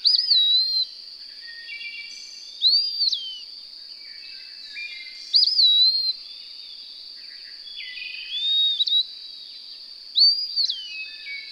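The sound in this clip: Bird song as five whistled phrases recurring every two to three seconds above an unbroken high whine.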